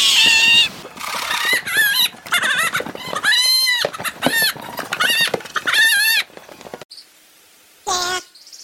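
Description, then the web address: Goat bleats, a run of loud wavering cries with strong harmonics, several in quick succession, then a short pause and one final bleat. "doublenight goat"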